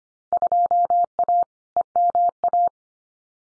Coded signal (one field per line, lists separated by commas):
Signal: Morse code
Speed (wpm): 25 wpm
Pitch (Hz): 700 Hz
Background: none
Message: 2A EMA